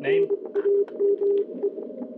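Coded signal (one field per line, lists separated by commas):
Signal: Morse code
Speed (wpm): 24 wpm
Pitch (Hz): 400 Hz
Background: speech, radio noise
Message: NAME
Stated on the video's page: Straight key QSO with a station in Italy.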